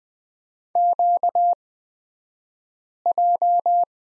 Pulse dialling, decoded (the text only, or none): none